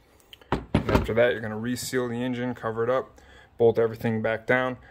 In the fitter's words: with these o-rings make sure you have the o-rings snap right into place